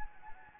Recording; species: mosquito wingbeat signal from an infrared sensor; Anopheles gambiae